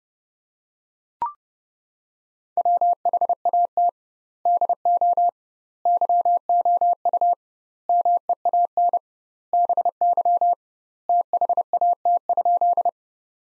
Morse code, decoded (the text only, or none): WHAT DO YOU MEAN BY THAT?